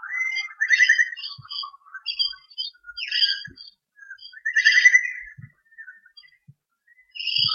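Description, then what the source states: Lively birdsong of rapid trilled phrases and high chirps, with bursts of notes separated by short gaps. Recorded in Armidale in 2013.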